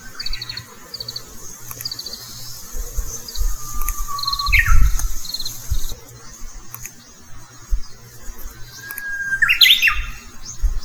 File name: ウグイスの鳴き声